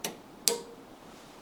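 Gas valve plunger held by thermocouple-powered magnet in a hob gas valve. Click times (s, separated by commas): 0.5 s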